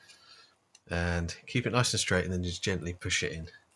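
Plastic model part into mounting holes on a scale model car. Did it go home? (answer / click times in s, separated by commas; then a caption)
no / none. A stiff plastic part for a 1/8 scale 1989 Batmobile model car is lined up and held straight for gently pushing into its mounting holes while someone talks, with a brief faint tick at about 0.8 s. Nothing has seated or clicked into place yet.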